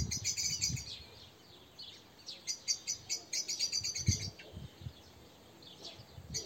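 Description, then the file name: Eurasian blackbird calling in a fast chattering series of high, sharp ticks, with low thumping and rustling underneath. "Turdus merula"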